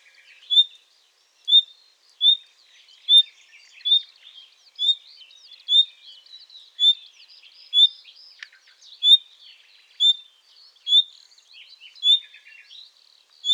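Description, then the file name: Common nightingale calls: a steady series of short, sharp, high whistles, about one each second, with soft chattering notes between them. "Luscinia megarhynchos"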